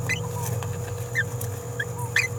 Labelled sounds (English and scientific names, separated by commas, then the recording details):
Green-rumped Parrotlet (Forpus passerinus) babbling
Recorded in a nest box in Venezuela
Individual 18B17A4